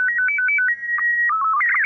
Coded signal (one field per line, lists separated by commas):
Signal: SSTV (slow-scan television)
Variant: Robot 36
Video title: 🔴The Sights and Sounds of Ham Radio - Identifying Signals Visually and By Listening